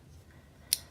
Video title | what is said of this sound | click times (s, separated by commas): Bester Ratel Knife Review | sort of roll your thumb over it until locks into place it | 0.7 s